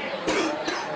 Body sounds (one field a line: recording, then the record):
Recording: coughing mixed with background sound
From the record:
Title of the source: 60 coughing still (deep and wet cough)